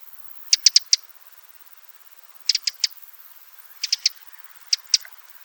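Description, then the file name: Eurasian wren calling with crisp ticks grouped in bursts of two to four, separated by short pauses. "Troglodytes troglodytes"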